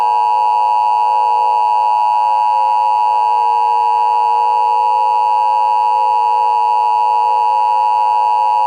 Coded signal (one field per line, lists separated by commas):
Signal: Emergency Alert System (SAME) tones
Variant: 853 and 960 Hz attention tone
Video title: PATHOGEN - AN EAS MOCK